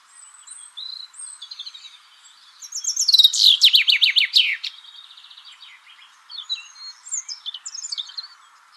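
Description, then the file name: Common chaffinch singing one bright descending phrase that ends in a flourish, with faint high chirps and whistles before and after. "Fringilla coelebs"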